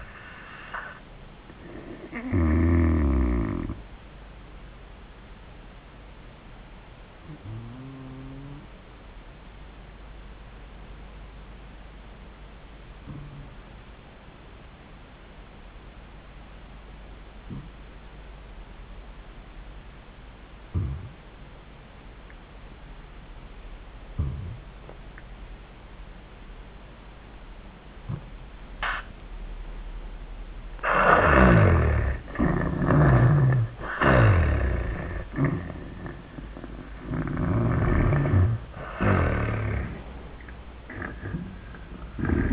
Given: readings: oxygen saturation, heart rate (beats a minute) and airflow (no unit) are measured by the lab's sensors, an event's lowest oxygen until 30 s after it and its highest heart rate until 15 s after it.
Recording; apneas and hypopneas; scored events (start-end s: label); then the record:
a person awake in a sleep study, by a voice recorder at the bedside; 1
2.00-32.00 s: new sleep stage, awake
3.00-35.00 s: awake
7.00-31.20 s: hypopnea (scored as awake, oxygen 97% highest, then 76% lowest, heart rate 78 at the start, 95 highest)
32.00-42.52 s: new sleep stage, N1 (lightest sleep)
From the record:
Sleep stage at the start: N2 (light sleep); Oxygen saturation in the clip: 81 to 97%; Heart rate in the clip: 70 to 93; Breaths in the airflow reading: 6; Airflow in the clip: -23.6 to 11.1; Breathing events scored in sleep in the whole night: 400 in 8.7 hours asleep